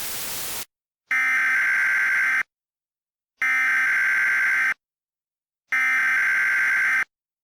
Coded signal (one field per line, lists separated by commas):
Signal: Emergency Alert System (SAME) tones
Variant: header bursts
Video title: EAS Mock 18: Aurora